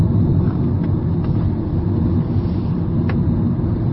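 vehicle, car driving noise

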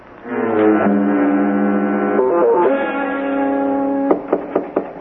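impact, knocking on a door

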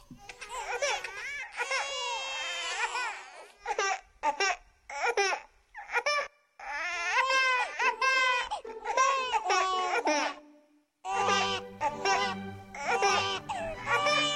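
human body sound, baby crying

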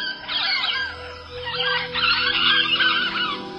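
bird, carolina parakeet calls

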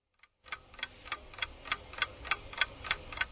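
sound effect, clock ticking

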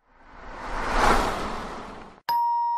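household object, doorbell ringing

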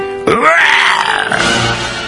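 animal, bear growling

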